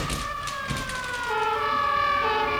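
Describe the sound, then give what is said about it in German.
Emergency vehicle sirens wail continuously, several overlapping tones sliding slowly in pitch, holding steady and loud for the whole stretch with no voices over them. “Was ist das? Sirenen!”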